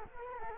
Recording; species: mosquito wingbeat signal from an infrared sensor; Culex quinquefasciatus